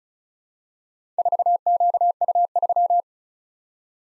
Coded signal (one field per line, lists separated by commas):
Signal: Morse code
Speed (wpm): 36 wpm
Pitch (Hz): 700 Hz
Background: none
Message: 4QU3